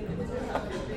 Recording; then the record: background sound without coughing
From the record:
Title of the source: 60 minutes of coffee shop sounds for study and concentration